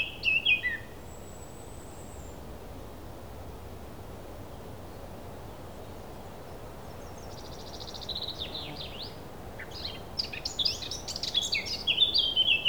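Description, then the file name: Thrush song: a brief whistled phrase first, a long thin high whistle, a quiet stretch, then a buzzy trill and an energetic burst of whistled scratchy notes. A single thrush. "Birds single thrush"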